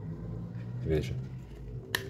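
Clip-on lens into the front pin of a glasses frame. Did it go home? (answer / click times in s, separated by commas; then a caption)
yes / 1.9 s. A clip-on sunglass lens is fitted onto the front pin of a Mormaii Hover glasses frame with a matte front, orange finishes and grey details. Someone talks, and a sharp click at 1.9 s marks the lens snapping into place, seated on the frame.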